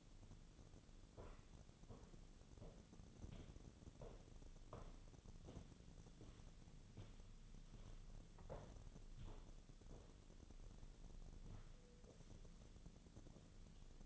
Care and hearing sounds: daily activity, microphone in the room; walk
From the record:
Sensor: 4

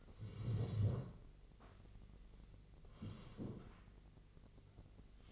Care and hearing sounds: daily activity, microphone in the room; sit down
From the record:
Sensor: 4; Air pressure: 1013.1 hPa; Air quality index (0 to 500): 176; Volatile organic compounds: 2 ppm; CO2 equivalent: 1108 ppm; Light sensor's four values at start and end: 49/120/51/54 and 49/120/51/54

